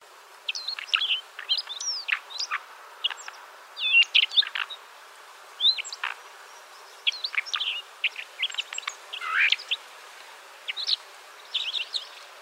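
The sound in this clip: Alpine accentor calling in short clusters of bright, twittering chirps, repeated at short, irregular intervals.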